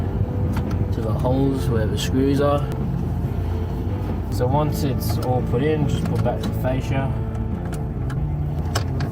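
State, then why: Not seated. After a new 9-inch VW universal head unit is fitted in a 2010–2018 Volkswagen Multivan T5, the plastic radio fascia trim is handled as it is brought back to the dashboard. Someone talks over a steady low hum, with brief taps at about 0.6, 8.1, 8.8 and 9.0 seconds. The fascia has not yet clicked or seated into the dash.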